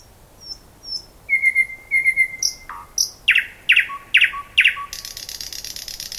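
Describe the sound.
Thrush nightingale with thin whistles and a steady piped note, then several loud rasping knocks in quick succession, ending in a dry buzzing rattle.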